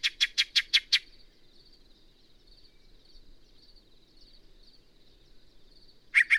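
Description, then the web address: Yellow-breasted Chat series of five sharp, harsh notes, a long pause with a steady high buzz in the background, then two more notes at the end. "birdsongforthecurious songs Yellow-breasted Chat"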